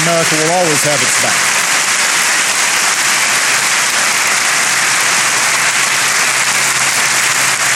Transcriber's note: applause